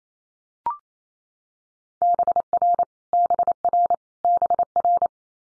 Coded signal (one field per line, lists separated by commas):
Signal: Morse code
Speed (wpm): 28 wpm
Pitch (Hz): 700 Hz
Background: none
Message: BR BR BR